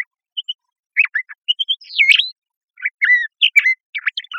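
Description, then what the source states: Bird singing a jumble of short whistled and chirping notes, one longer rising-then-falling slurred whistle near the middle, with gaps between quick clusters of notes. Costa Rica.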